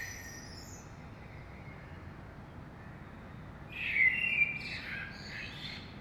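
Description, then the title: Common blackbird song: faint high twitter first, a long pause, then a bright fluted phrase breaking into squeaky high notes. Saint-Gilles, Belgium; early morning; recorded with DPA 2006c microphones in AB stereo into a Zoom F3. "Saint-Gilles, Belgique - Blackbird - Merle"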